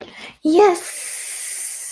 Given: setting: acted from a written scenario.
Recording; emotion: vocal sound without words; triumph